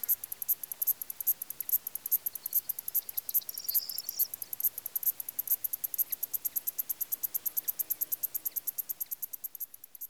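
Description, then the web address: Cricket chirping in steady, fast high pulses, with a short faint fluttering sound partway through. Countryside, Greece. "BBC Sound Effects Library- (Greece) Countrysde crikets"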